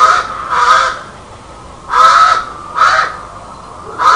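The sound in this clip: Crow giving harsh, hoarse caws, two in quick succession, a pause of about a second, then three more spaced caws.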